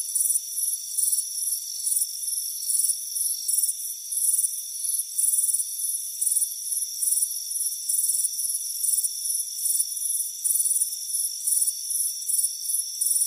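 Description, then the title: Cricket chirps come rapidly and unevenly in bright high bursts, with a steady shrill trill throughout. "Soothing Crickets Chirping Sound"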